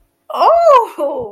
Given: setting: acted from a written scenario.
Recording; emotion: vocal sound without words; positive surprise